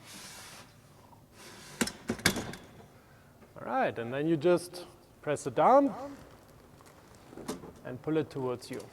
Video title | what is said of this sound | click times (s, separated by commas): Asco Car Hire Toyota Lancruiser Camping Vehicle Explanation | then you take the ladder pull it out till it clicks in all | 2.3 s